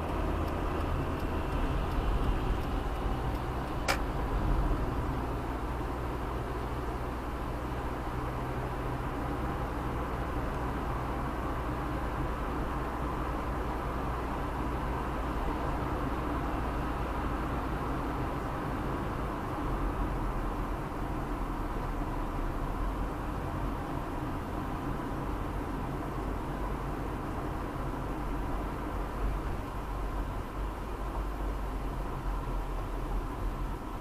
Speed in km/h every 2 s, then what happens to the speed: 40, 41, 42, 44, 45, 45, 45, 44, 43, 42, 39, 36, 36, 37, 37, 37, 35.
0-12 steady at about 44. 12-22 slows to 36. 22-34 steady at about 36.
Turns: none.